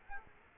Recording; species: mosquito wingbeat signal from an infrared sensor; Aedes aegypti